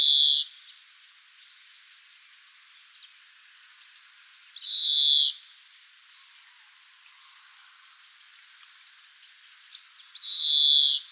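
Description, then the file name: European greenfinch repeating a drawn-out buzzy wheeze three times, roughly every five seconds, with brief sharp chirps from other birds in between. "Chloris chloris"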